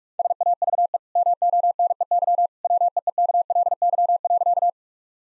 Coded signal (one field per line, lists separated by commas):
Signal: Morse code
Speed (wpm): 44 wpm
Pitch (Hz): 700 Hz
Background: none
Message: SAVE MONEY WEEKLY.